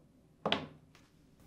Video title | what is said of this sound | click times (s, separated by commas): How to replace Pocket Handle part # W10537395 on your Whirlpool Dishwasher | the pocket handle through the control panel and press until it snaps into place | 0.5 s